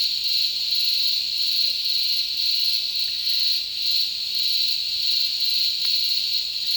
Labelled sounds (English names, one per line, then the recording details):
none
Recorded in dense forest near Puerto Asís, Putumayo, Colombia, on 20 February 2024 at 10:30
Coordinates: 0.502, -76.324
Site G6370